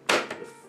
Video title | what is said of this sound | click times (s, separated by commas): Philips Dreamstation Unboxing | hear that click and now we're ready to connect the tubing | 0.1 s